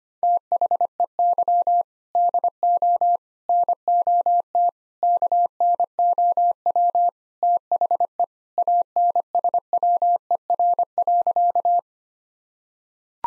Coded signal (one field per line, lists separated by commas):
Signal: Morse code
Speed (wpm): 25 wpm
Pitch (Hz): 700 Hz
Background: none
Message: THEY DO NOT KNOW THE ANSWER.